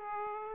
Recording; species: mosquito wingbeat signal from an infrared sensor; Aedes aegypti